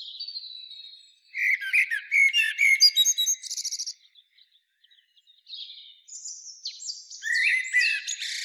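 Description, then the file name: Common blackbird song: a soft opening, a loud run of warbled notes with shrill twittering, a short gap, then further phrases ending in high squeaky notes. "Turdus merula"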